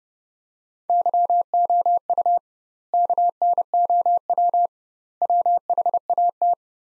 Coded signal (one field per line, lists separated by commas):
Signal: Morse code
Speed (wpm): 30 wpm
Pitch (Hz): 700 Hz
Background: none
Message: YOU KNOW WHAT